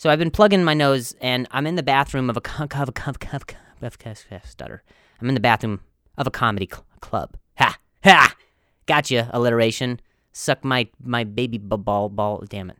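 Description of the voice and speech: A man speaks in short bursts broken by pauses. He repeats a 'c-c-c' sound several times before 'comedy club', and repeats whole words ('my my', 'ball ball'). These are stuttering disfluencies: part-word and whole-word repetitions with hesitant restarts.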